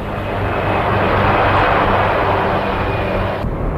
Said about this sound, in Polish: Przed państwem orliki w niskim przelocie w ugrupowaniu Bumerang.